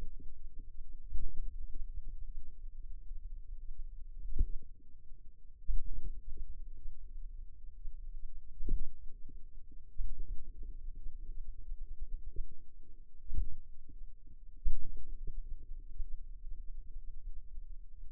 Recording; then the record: forearm muscle sounds (acoustic myography)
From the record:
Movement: pen grasping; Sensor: system 2, bracelet of six BSWA MPA416 microphones around the upper forearm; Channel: 1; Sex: female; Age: 23 years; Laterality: right